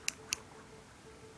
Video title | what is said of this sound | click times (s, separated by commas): DS GAME HELP!! | click this in just see if you can hear a click | 0.1 s, 0.3 s